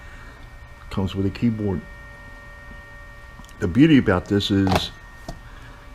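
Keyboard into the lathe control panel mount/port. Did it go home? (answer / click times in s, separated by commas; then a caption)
yes / 5.3 s. A keyboard is fitted into the control panel mount or port of an Emco lathe being rebuilt. Someone talks from about 1.0 to 4.8 s, then a single sharp click at 5.3 s marks the keyboard snapping into place and seating.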